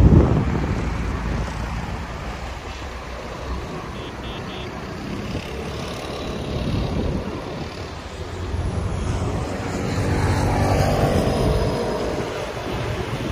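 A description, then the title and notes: Street sounds with a steady, low traffic rumble that swells and eases as vehicles pass, strongest near the start and again around ten to eleven seconds. A faint voice may come through briefly, and a thin high hiss runs throughout. Street Sounds. Walking In Tel Aviv, Israel.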